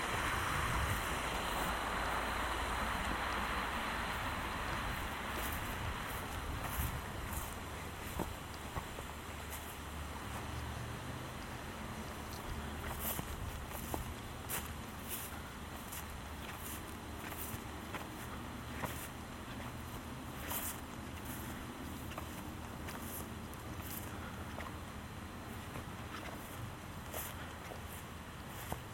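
A walk in Michaux State Forest: steady, dense rushing noise with a low rumble underneath, like a passing vehicle or wind, slightly louder in the first few seconds. Sharp crunching steps and clicks break through irregularly, clustering more thickly in the second half.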